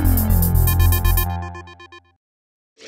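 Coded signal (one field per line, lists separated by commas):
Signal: none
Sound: intro music jingle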